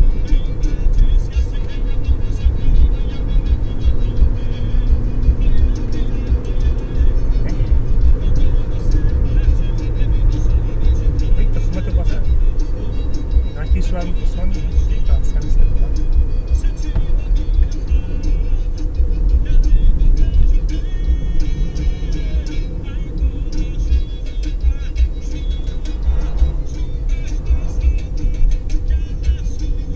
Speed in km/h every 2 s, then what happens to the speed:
79, 83, 88, 92, 90, 85, 80, 78, 72, 65, 58, 55, 51, 48, 47.
0-7 speeds up to 92. 7-30 slows to 47.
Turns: none.